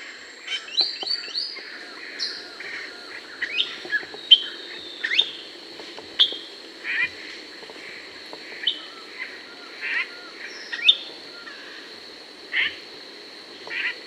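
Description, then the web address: Epaulet oriole calls: a busy opening of mixed chips and whistled notes, then isolated sharp calls spaced every second or two over a steady high tone. Recorded in South America. "S America Epaulet Oriole (Icterus cayanensis)"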